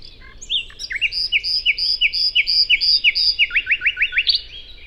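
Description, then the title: Common nightingale song: a fast run of repeated whistled notes over rapid down-slurred clicks, ending in a quick rising series of sharp notes. First nightingale songs of the year: a solo daytime singer on a wide drivable track in planted Forêt de Chautagne near roads, Serrières-en-Chautagne, France; Dodotronic stereo parabola. "Forêt de Chautagne - Serrières-en-Chautagne, France - Premiers rossignols de l'an"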